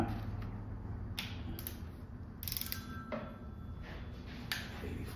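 A click-type torque wrench is ratcheted on a bolt of a replacement Ram ProMaster engine, with a quick run of ratchet clicks around 2.5–2.7 s. The wrench breaks over with a sharp click at 4.5 s, reaching its set torque of 84.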